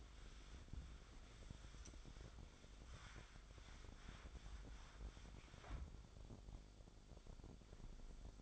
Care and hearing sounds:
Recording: daily activity, microphone in the room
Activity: wipe stove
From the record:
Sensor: 5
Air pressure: 1007.1 hPa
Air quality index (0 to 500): 173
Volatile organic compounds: 4 ppm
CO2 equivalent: 1657 ppm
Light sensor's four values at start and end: 53/144/57/58 and 54/147/58/59

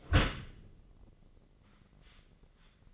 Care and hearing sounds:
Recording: daily activity, microphone in the room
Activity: close dishwasher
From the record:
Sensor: 4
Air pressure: 1013.2 hPa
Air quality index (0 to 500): 172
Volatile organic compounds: 2 ppm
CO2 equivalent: 1085 ppm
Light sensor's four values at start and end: 82/204/85/87 and 82/203/84/86

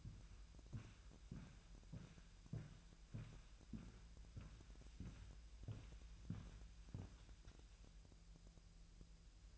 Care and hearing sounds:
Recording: daily activity, microphone in the room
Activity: walk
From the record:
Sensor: 2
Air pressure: 1002.0 hPa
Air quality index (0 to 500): 228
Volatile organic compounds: 55 ppm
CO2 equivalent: 3364 ppm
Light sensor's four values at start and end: 6/15/6/7 and 6/15/6/7

